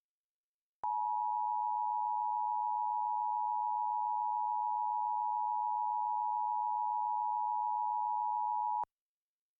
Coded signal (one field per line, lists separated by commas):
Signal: Emergency Alert System (SAME) tones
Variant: 853 and 960 Hz attention tone